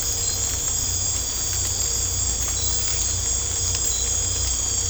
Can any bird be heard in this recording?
no